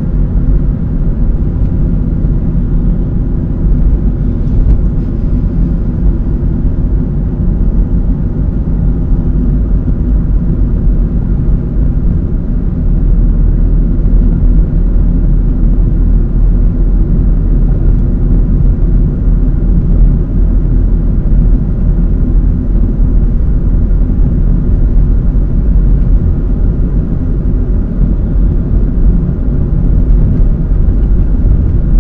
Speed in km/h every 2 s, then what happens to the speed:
54, 55, 55, 56, 56, 58, 57, 57, 58, 59, 59, 59, 60, 61, 62, 63.
0-32 speeds up to 63.